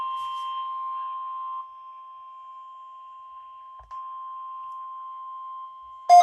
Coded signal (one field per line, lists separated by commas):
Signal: Emergency Alert System (SAME) tones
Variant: 1050 Hz attention tone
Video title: weekly test of noaa weather radio eas #4 6/19/19